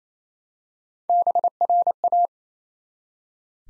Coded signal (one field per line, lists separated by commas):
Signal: Morse code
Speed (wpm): 27 wpm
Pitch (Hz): 700 Hz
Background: none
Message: BRA